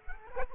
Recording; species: mosquito wingbeat signal from an infrared sensor; Culex quinquefasciatus